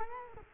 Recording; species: mosquito wingbeat signal from an infrared sensor; Culex quinquefasciatus